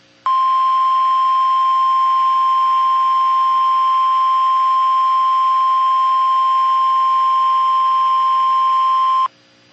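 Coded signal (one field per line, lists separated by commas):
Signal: Emergency Alert System (SAME) tones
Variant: 1050 Hz attention tone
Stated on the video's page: Personally captured emergency alerts, including an erroneous alert from a radio station.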